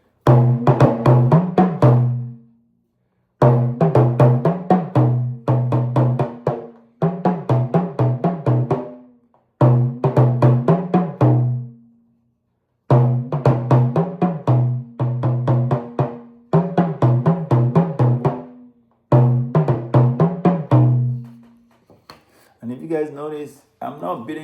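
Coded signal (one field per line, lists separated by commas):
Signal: talking drum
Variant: Yoruba dùndún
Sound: phrases of hard wooden drum strokes with bending low pitches, separated by short pauses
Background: brief speech at end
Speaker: If I use the harder stick, it will sound like this.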